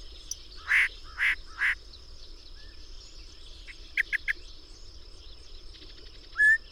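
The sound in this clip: Bird calls: three loud, harsh notes in quick succession, then three sharp clicks and a short clear whistle at the end, with a constant high hum behind.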